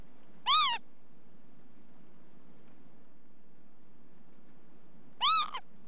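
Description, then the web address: Northern lapwing with two sharp, rising-then-falling harmonic alarm notes, separated by over four seconds of quiet low background hum. Female northern lapwing on the ground giving an anxiety call. "BBC Sound Effects Library. Lapwing"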